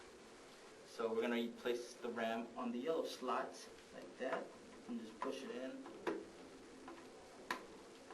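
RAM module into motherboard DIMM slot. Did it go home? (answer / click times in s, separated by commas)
yes / 7.5 s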